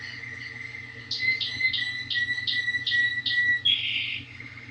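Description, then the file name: Canary song: a series of repeated chirped notes over a steady whistle, ending in a brief buzzy note, with a faint hum behind. "Ni Gi D - Canary Singing"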